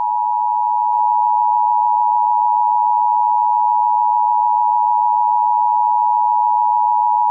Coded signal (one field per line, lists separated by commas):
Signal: Emergency Alert System (SAME) tones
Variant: 853 and 960 Hz attention tone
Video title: EAS Severe Thunderstorm Warning in Texas: Re-Make